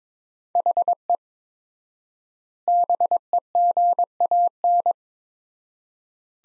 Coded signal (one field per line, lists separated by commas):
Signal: Morse code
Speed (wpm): 21 wpm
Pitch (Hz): 700 Hz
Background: none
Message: HE BEGAN